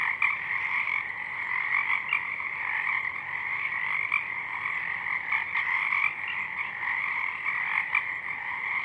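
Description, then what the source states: Pacific chorus frogs, a thick chorus of raspy croaks overlapping constantly. Chorus of many frogs at dusk, already out in full bloom; downmixed to stereo from a double mid-side recording; frogs highlighted in a separate parabolic track are heard mainly in the left channel.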